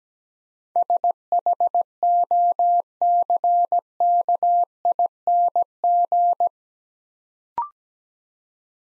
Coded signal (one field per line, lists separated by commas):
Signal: Morse code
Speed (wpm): 17 wpm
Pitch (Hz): 700 Hz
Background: none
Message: SHOCKING